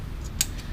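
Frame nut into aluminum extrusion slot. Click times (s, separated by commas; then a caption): 0.4 s. A nut is pushed with the thumb while an Allen wrench is rotated, seating it into a slot in the aluminum frame extrusion of a Gigabot 3.0 printer. A single sharp click sounds at 0.4 s over a low background rumble, and the nut is seated in place.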